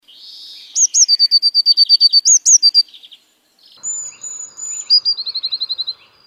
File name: Blåmes